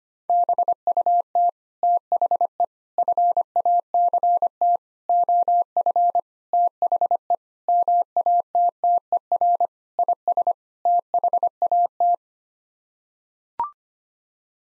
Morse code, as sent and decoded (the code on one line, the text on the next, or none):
-... ..- - / - .... . / ..-. .- -.-. - / --- ..-. / - .... . / -- .- - - . .-. / .. ... / - .... .- -
BUT THE FACT OF THE MATTER IS THAT